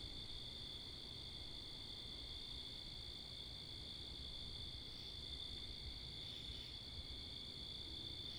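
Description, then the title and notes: Crickets trilling together in a constant, even high hum throughout, backed by low road noise and breezy wind. Crickets with cars and wind, Wakefield, Rhode Island, 10 October 2021, 11:35pm at night; recorded facing northeast with two Rode NTG-3 shotgun mics on a Sound Devices MixPre 10ii. "Oct 10th 2021 11:35pm Wakefield, Rhode Island. Crickets, Cars, and Wind"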